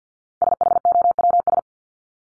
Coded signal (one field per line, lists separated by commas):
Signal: Morse code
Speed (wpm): 50 wpm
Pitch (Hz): 700 Hz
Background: none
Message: SHOWS